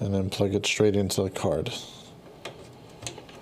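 Someone talks for about the first two seconds while orienting a plastic PCIe power cable connector by its grooves to plug it straight into the graphics card socket. Brief, faint handling taps follow around 2.5 s and 3.1 s. The connector has not seated or clicked yet when the clip ends.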